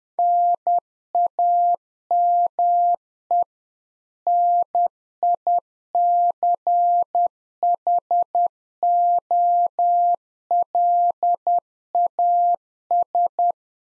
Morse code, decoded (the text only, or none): NAME NICHOLAS